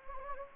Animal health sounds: mosquito wingbeat signal from an infrared sensor; Anopheles gambiae

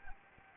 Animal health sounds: mosquito wingbeat signal from an infrared sensor; Anopheles arabiensis

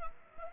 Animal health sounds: mosquito wingbeat signal from an infrared sensor; Anopheles arabiensis

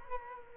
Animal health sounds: mosquito wingbeat signal from an infrared sensor; Culex quinquefasciatus

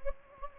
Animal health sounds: mosquito wingbeat signal from an infrared sensor; Anopheles gambiae

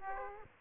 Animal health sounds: mosquito wingbeat signal from an infrared sensor; Aedes aegypti

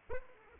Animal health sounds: mosquito wingbeat signal from an infrared sensor; Anopheles arabiensis

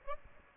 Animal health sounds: mosquito wingbeat signal from an infrared sensor; Aedes albopictus

